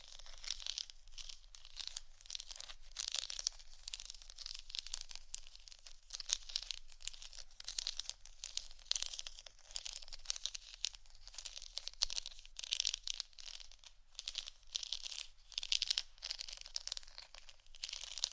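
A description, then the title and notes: ASMR scratching: a dense, continuous run of quick, dry scratches and crinkly rasps that keeps going for the whole 18 seconds. The sound is bright and hissy with almost no low end, and the strokes pulse unevenly, with brief louder bursts scattered throughout. ASMR scratching For Sleep & Study（No Talking）.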